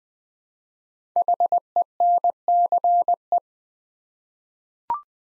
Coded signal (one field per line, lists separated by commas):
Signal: Morse code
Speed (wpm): 20 wpm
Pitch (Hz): 700 Hz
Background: none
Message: HENCE